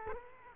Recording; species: mosquito wingbeat signal from an infrared sensor; Culex quinquefasciatus